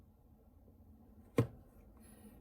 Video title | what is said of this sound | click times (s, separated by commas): 2020 L5P Duramax Fuel Filter Change | And you're going to feel it click into place. | 1.4 s